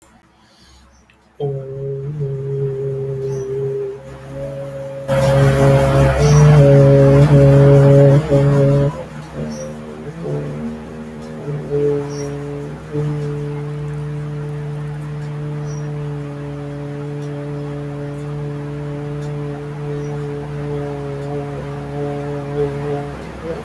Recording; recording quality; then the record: sustained vowel as in boot; moderate, slight background noise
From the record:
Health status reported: respiratory illness, not identified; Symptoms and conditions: asthma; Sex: male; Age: 27 years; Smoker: not ticked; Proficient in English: yes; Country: India